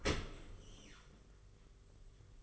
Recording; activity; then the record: daily activity, microphone in the room; open dishwasher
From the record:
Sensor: 4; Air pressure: 991.2 hPa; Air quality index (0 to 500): 155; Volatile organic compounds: 112 ppm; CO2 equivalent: 3828 ppm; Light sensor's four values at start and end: 22/72/27/27 and 22/73/27/27